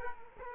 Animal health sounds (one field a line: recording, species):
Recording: mosquito wingbeat signal from an infrared sensor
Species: Culex quinquefasciatus